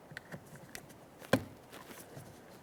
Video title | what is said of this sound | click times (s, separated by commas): How to Replace Rear Power Window Motor & Regulator Assemblies 2012-2015 Honda Civic | Let's go ahead and align that electrical connector. We'll press it in. Listen for a click. | 1.3 s